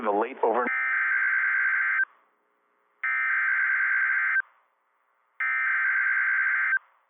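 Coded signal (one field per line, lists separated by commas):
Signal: Emergency Alert System (SAME) tones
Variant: header bursts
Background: speech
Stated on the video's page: Storm alerts from a NOAA weather radio station.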